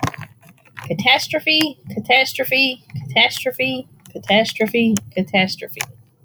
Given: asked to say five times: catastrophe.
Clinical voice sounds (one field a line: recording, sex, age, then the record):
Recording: repeated word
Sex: female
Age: 40 to 49 years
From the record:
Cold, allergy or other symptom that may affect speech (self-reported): no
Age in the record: 46 years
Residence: Pennsylvania, United States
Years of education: 16